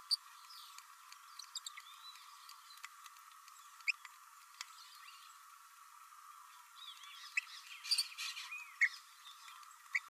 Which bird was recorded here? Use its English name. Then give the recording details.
Green-rumped Parrotlet. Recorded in a nest box in Venezuela. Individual 18B104A3